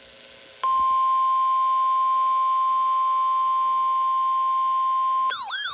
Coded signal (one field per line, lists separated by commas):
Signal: Emergency Alert System (SAME) tones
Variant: 1050 Hz attention tone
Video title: EAS Alerts From 7/5/26: A Compilation (EAS 1246-1255)